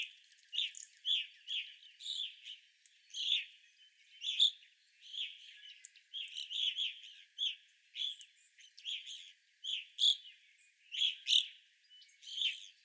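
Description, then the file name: Evening grosbeak: steady stream of clear chirping calls from evening grosbeaks, several birds calling over one another in irregular rhythm. Recorded 25 April 2021; several evening grosbeaks. "2021-04-25 Evening Grosbeaks"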